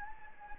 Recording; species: mosquito wingbeat signal from an infrared sensor; Anopheles gambiae